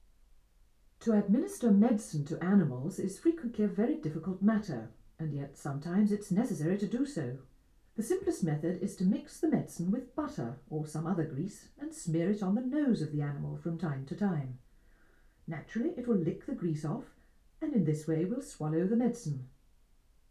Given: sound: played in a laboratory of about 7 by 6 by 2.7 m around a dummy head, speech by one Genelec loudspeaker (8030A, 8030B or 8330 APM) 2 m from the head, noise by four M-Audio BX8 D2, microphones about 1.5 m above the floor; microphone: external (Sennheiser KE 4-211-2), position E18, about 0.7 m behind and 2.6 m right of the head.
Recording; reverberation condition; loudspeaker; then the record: female speech in English; low; 120 degrees to the right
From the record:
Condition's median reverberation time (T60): about 310 ms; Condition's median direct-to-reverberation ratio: about 3.5 dB